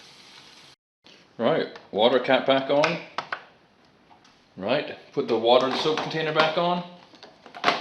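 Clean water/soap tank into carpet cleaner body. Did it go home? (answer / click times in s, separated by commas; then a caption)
no / none. Someone talks while handling the clean water and soap tank of an upright carpet cleaner, bringing it back toward its place on top of the machine with a few brief plastic knocks and taps. The tank has not seated or clicked into place yet.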